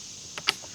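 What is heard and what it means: A plastic twist-lock stud is twisted into a rib hole on a can organizer rack. A faint click at 0.4 s and a sharper, louder click at 0.5 s come over a low steady background. The stud locks into place.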